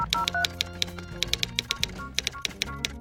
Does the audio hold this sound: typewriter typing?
yes